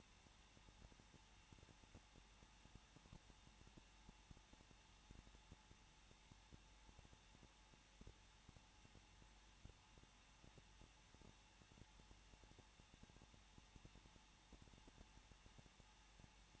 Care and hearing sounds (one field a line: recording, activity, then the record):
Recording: daily activity, microphone in the room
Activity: no activity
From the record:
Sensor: 1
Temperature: 20.1 degrees Celsius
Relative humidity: 39.2%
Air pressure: 1006.3 hPa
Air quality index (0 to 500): 218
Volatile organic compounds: 78 ppm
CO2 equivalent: 3588 ppm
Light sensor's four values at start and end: 1/2/1/1 and 1/2/1/1